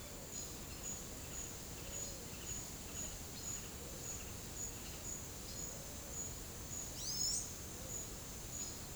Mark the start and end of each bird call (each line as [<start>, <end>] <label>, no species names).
[6.91, 7.53] bird call